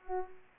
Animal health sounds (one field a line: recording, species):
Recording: mosquito wingbeat signal from an infrared sensor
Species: Culex pipiens